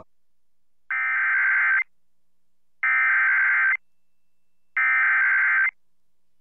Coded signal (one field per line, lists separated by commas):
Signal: Emergency Alert System (SAME) tones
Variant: header bursts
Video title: EAS Evacuation Immediate Summit County, Colorado (Silverthorne)